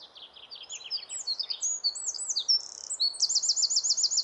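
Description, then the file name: Eurasian wren singing a fast, high cascade of tinkling notes that builds into a rapid, even trill near the end, with a soft hiss of background noise. "Troglodytes troglodytes"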